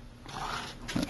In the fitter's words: you can actually hear the snapping sound right